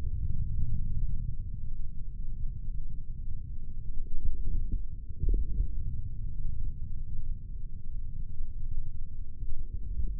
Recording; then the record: forearm muscle sounds (acoustic myography)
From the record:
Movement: forearm supination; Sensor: system 3, bracelet of six PUI Audio POM-2738L microphones around the upper forearm, with dedicated amplification and filtering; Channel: 1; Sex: male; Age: 25 years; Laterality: right